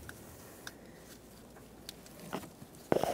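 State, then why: Seated. A plastic electrical wiring connector is pressed onto the new engine coolant temperature sensor of a 1999–2006 Chevrolet Silverado 1500 4.3L V6, to make sure it is completely secured. A few faint ticks at 0.7 s and 1.9 s and a soft rustle around 2.4 s lead to a sharp click at 2.9 s, followed by a brief rattle. The connector is seated.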